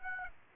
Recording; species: mosquito wingbeat signal from an infrared sensor; Aedes aegypti